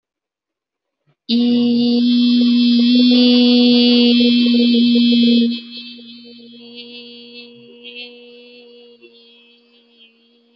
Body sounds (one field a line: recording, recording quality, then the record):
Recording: sustained vowel as in beet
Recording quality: moderate, slight background noise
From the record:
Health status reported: healthy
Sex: female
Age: 28 years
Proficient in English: yes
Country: India